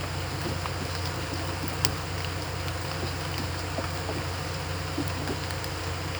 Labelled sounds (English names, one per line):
none